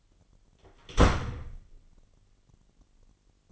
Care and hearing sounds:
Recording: daily activity, microphone in the room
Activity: close door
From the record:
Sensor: 4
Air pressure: 999.2 hPa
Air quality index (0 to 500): 116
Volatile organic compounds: 2 ppm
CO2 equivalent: 1144 ppm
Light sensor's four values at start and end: 13/34/13/15 and 13/31/12/14

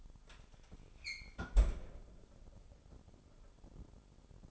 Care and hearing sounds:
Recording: daily activity, microphone in the room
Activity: close fridge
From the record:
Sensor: 5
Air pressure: 988.5 hPa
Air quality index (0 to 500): 219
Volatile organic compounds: 126 ppm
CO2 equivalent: 3908 ppm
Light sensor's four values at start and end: 42/125/49/53 and 41/127/49/53

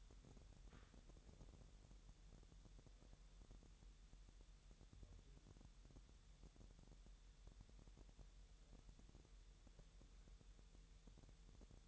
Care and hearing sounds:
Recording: daily activity, microphone in the room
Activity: wipe stove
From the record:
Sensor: 3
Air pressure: 1000.8 hPa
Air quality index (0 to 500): 248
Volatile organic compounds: 172 ppm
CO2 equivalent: 4114 ppm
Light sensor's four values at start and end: 11/27/11/11 and 11/27/11/11

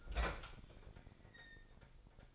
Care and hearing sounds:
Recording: daily activity, microphone in the room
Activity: open fridge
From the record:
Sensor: 5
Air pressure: 995.4 hPa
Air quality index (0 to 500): 98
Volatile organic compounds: 6 ppm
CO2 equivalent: 1877 ppm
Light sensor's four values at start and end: 35/84/34/34 and 37/89/36/37

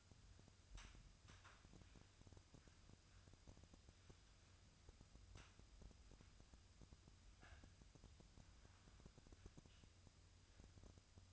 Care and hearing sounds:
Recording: daily activity, microphone in the room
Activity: wipe stove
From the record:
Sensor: 2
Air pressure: 1004.7 hPa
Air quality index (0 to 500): 74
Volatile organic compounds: 1 ppm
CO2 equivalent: 879 ppm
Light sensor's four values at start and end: 7/16/6/7 and 7/16/6/7

